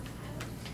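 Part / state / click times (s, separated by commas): ethernet cable plug into laptop network port / seated / 0.4 s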